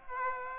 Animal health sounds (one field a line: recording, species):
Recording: mosquito wingbeat signal from an infrared sensor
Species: Aedes aegypti